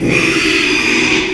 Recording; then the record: squeal of a Yucatan mini pig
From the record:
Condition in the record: after surgery on the right vocal fold (resection and tissue-engineered implant); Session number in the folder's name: 1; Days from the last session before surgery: 6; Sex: male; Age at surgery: 12 weeks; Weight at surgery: 13 kg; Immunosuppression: cyclosporine, prednisolone